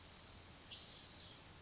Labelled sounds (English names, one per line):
Spotted Towhee